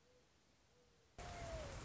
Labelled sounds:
Mourning Dove
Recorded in Sonoma County, California

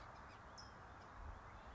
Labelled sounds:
California Towhee
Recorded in Sonoma County, California

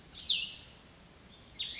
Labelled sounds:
Cassin's Vireo
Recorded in Sonoma County, California

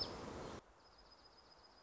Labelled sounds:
Dark-eyed Junco
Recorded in Sonoma County, California

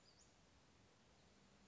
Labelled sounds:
Western Flycatcher
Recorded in Sonoma County, California

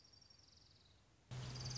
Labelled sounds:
Orange-crowned Warbler
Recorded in Sonoma County, California

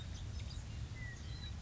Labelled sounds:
Western Meadowlark
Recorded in Sonoma County, California

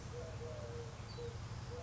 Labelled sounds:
Eurasian Collared Dove
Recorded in Sonoma County, California

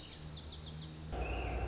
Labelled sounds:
Lazuli Bunting
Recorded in Sonoma County, California

